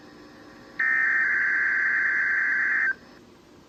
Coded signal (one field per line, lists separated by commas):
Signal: Emergency Alert System (SAME) tones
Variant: header bursts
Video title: Required Weekly Test On WXL46 [EAS #623]